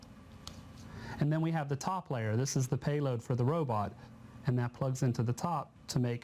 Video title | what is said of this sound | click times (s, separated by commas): Articulate Alice Robot | That snaps right into the bottom layer. | 0.5 s